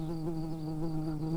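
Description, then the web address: Early bumblebee worker buzzing, a steady low droning hum with even harmonics, unbroken throughout. "bumblebees Pratorum-workers"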